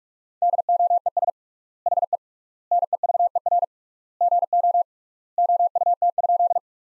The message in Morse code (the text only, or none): DOES HE NEVER GO OUT?